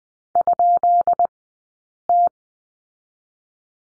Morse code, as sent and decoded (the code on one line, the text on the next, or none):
..--.. -
?T